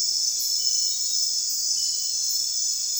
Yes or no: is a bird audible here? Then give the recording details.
no. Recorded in secondary vegetation near Puerto Asís, Putumayo, Colombia, on 24 June 2025 at 02:30. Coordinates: 0.498, -76.327. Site GP09